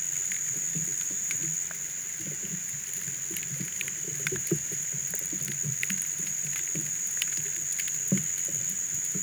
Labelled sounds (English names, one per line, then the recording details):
none
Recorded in pastures near Puerto Asís, Putumayo, Colombia, on 27 June 2025 at 06:00
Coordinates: 0.486, -76.323
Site H29